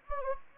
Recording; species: mosquito wingbeat signal from an infrared sensor; Anopheles gambiae